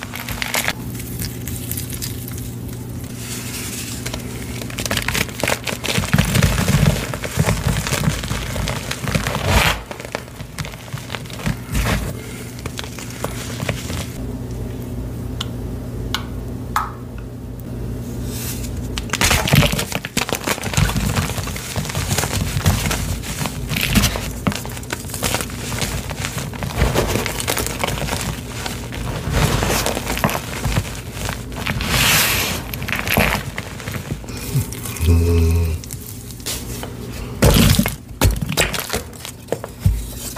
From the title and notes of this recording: Baby Oil Gym Chalk Crushing Compilation.